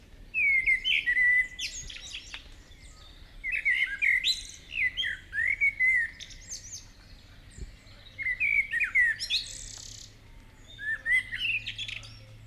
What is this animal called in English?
Common Blackbird